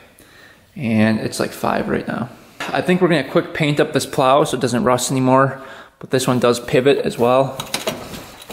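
Someone talks while handling the plow blade on an ATV plow frame, which is being swung on its pivot, with a brief faint tap near 0.2 s. The blade's pivot lock has not seated or clicked yet; the clip ends just before it drops into place.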